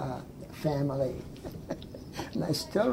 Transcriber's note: laughs